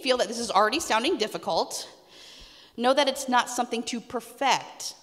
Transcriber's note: none